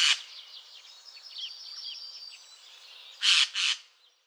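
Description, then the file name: Eurasian jay giving one hoarse, rasping screech, then a pair of harsh screeches a few seconds later, over soft twittering of other birds. "Geai-des-chênes"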